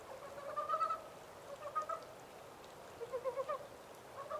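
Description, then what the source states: Montane brown frog calls: short croaks, then a quick series of pulsed notes, over gentle background hiss. 14 April 2010.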